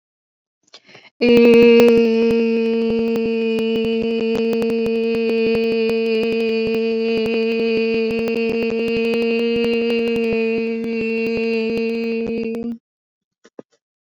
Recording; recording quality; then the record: sustained vowel as in made; excellent, no background noise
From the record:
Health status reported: healthy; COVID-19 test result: negative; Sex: female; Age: 21 years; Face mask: worn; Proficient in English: yes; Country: India